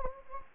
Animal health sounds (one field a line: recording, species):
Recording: mosquito wingbeat signal from an infrared sensor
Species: Anopheles gambiae